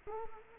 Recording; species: mosquito wingbeat signal from an infrared sensor; Culex quinquefasciatus